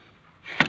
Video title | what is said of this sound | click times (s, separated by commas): Electric fence homemade gate build your own simple design | that and then it just clicks back into place like that see and then | 0.6 s